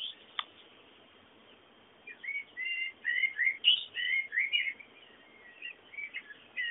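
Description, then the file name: Bird song: a sharp click, then a run of varied chirped and whistled notes after two seconds, some rising and falling, over a steady faint hiss. Background birdsong. "fondo pajaros"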